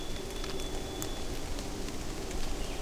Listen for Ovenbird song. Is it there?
no